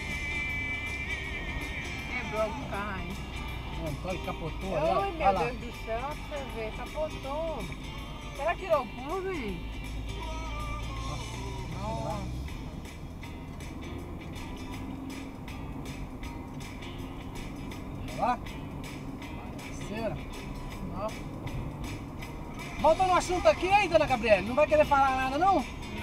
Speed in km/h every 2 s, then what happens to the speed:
69, 59, 53, 53, 58, 65, 71, 78, 81, 84, 87, 88, 83.
0-4 brakes to 53. 6-22 speeds up to 88.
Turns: none.